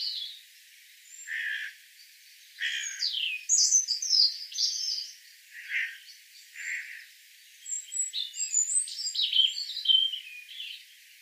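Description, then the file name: European robin singing a long, varied run of high warbling and trilled notes with sharp downslurred accents, phrases coming in quick succession with short pauses, over faint background hiss. "Erithacus rubecula"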